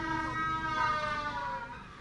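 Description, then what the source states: Penguin ecstatic display call, a donkey-like bray of rich, evenly stacked harmonics. Nesting pair behind the scenes at the Audubon Aquarium of the Americas, New Orleans; vertical ecstatic display, territorial, sounds like a donkey.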